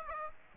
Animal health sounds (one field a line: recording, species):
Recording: mosquito wingbeat signal from an infrared sensor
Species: Aedes aegypti